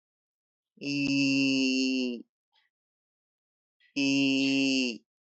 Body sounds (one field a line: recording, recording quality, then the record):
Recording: sustained vowel as in beet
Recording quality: excellent, no background noise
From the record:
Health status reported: healthy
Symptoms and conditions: none ticked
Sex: male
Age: 31 years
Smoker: not ticked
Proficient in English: yes